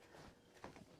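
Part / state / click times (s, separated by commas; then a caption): plastic pool step section into the adjoining step section / seated / 0.6 s, 0.8 s. Two molded plastic sections of an above-ground pool step are squeezed together by hand until they lock. Sharp snaps are heard at 0.6 s and 0.8 s over low handling noise, and the step section is seated into the adjoining section.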